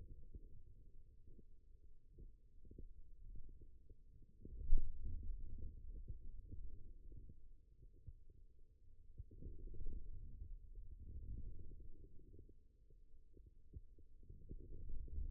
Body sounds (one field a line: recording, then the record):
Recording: forearm muscle sounds (acoustic myography)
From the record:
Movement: radial deviation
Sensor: system 2, bracelet of six BSWA MPA416 microphones around the upper forearm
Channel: 6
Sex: male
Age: 22 years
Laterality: right